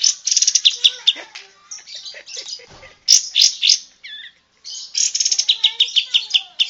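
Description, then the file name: Bulbul song, busy bright twittering with rapid ticking series, broken by a brief silence before the lively chatter starts again. Lure recording used to attract birds. "suara pancingan kapas tembak"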